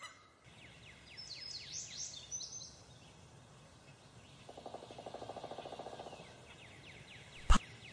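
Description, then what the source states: Pileated woodpecker call: a rapid low series of repeated notes lasting under two seconds, with faint high chirps of other birds and a sharp knock near the end. Calling among other birds.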